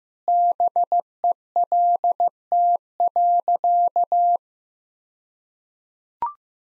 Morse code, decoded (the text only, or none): BELT.